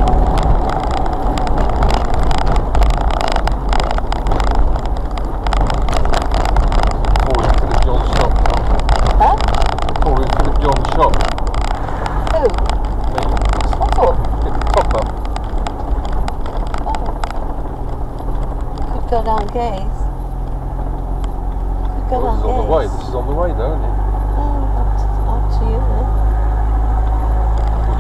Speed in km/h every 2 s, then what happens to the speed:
34, 34, 31, 29, 27, 24, 23, 21, 18, 13, 11, 11, 11, 13.
0-20 slows to 11. 20-28 steady at about 11.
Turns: none.